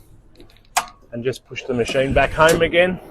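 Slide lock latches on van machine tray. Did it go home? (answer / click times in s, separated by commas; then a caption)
released / 0.8 s. The small slide lock latches on a machine's sliding tray in a van are pushed in to release the machine so it can slide back. A few faint ticks come first, then a sharp click at 0.8 s. After that, someone talks.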